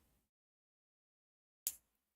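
A plastic leg part from a model robot kit is pressed into its leg frame. After a faint low hiss and about 1.4 s of near silence, a single sharp, bright click rings out at 1.7 s. The part is seated in place.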